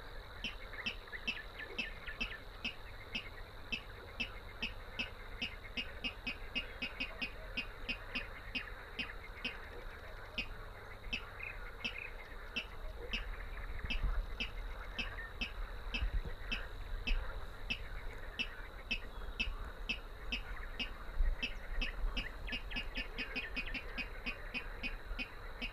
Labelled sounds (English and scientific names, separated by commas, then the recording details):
Water Rail (Rallus aquaticus) song
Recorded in the wild
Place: Teerofenbrücke, Nationalpark Unteres Odertal, Brandenburg, DE
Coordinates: 53.1461, 14.3639
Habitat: wetland
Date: 2013-05-04 22:55
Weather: clear, windless, 5°C
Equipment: Sound Devices 702, Sennheiser MKH 70, Rycote Windschutz
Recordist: Frommolt, Karl-Heinz